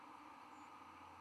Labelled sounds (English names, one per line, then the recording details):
White-throated Sparrow flight call
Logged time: 02:07 on 11 November 2014